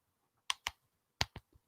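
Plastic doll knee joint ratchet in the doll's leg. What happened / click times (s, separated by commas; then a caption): The plastic joint clicks into its ratchet positions / 0.5 s, 1.2 s. A twist-and-turn fashion doll's plastic knee joint, a ratchet in the doll's leg on a body that has 3 clicks, is bent through its ratchet positions. Sharp clicks sound at 0.5 s and 1.2 s, each followed by a quieter click at about 0.7 s and 1.4 s, with a faint tick near 1.5 s. The knee joint clicks into position.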